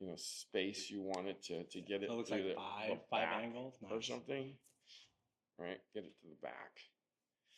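Someone talks while handling the adjustable arm of a plastic massage gun, swinging it toward the back to move it into one of its preset angle positions. The clip ends before the arm goes home, and nothing has clicked into its detent yet.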